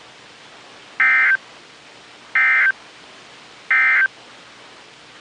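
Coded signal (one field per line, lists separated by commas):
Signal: Emergency Alert System (SAME) tones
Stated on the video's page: Compilation of severe storm and tornado warnings received from several NOAA weather radio transmitters in Ohio, Kentucky, Indiana and Pennsylvania.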